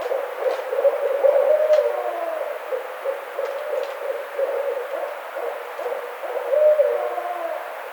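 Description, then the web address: Barred owl calls, continuous low hooting with longer sliding notes near two and seven seconds, and faint clicks. Recorded 4 May 2009. "sounds birds Barred Owl 2009 05 04 Barred Owl"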